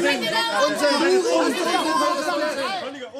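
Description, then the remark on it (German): An indignant crowd of courtroom spectators at the trial of Socrates murmurs and grumbles, accusing him of quibbling, many voices overlapping into a steady, fairly loud babble that eases off slightly near the end. “Die Zuschauer im Gerichtssaal sind empört.”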